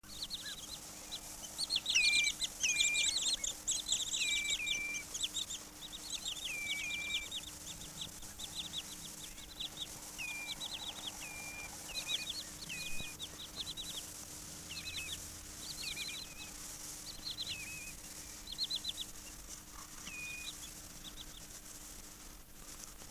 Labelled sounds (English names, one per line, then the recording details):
Common Redshank call
Wood Sandpiper
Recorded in the wild
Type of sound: call
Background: Tringa glareola
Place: Bölsdorfer Haken, Altmark, Sachsen-Anhalt, DE
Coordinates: 52.508, 11.964
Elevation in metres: 32
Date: 1963-08-12
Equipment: R 21, Transistorverstärker, Vollspur
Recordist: Lippert, Wolfgang
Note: Gleichzeitig Rufe von: Rotschenkel und Bruchwasserläufer